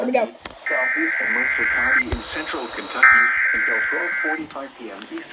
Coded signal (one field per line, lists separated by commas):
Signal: Emergency Alert System (SAME) tones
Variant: header bursts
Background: speech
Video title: Flash Flood Warning (EAS 229-234)